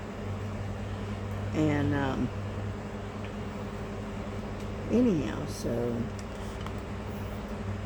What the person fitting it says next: there we go. It snapped in that time.